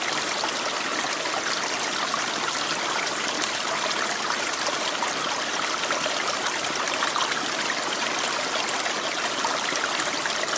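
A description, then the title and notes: A mountain stream rushes steadily, its water sound dense and unbroken from start to finish with no pauses or changes in level. The tone leans bright and hissy, with little low rumble. Relaxing Water Sounds. Mountain Stream White Noise.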